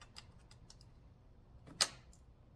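A pick pushes the plastic locking tab on an ignition coil's electrical connector on a Mercedes E350 (W211 V6 & V8) back one detent to unlock it for spark plug replacement. A few faint light ticks come first, then one sharp little click at 1.8 s as the tab clicks back and is released, going no further.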